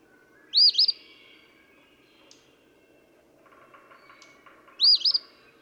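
Eastern phoebe song, two raspy 'fee-bee' phrases four seconds apart.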